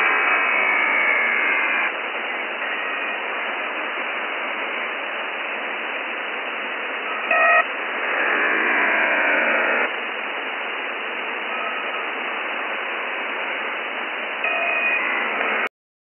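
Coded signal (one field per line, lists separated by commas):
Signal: HF data modem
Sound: steady wideband hissing data roar, interrupted by short bursts of several parallel tones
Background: radio static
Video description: Recorded this at 1016Z 28 Aug 2013. 8942 is usually an active HFDL frequency for Shannon and I doubt if this is Shannon here in New Zealand! Any ideas?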